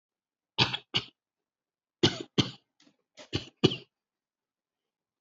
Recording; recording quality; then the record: shallow voluntary cough; excellent, no background noise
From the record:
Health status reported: healthy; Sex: female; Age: 59 years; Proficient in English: no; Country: India